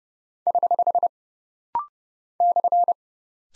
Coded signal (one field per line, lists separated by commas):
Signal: Morse code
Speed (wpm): 28 wpm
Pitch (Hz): 700 Hz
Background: none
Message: <HH> /